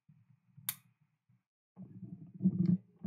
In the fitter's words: kind of got a male female and you push it until you hear a little click and i i just heard the click